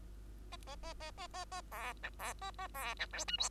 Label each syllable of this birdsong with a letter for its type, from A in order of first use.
A A A A A A A B C B A A B C D E F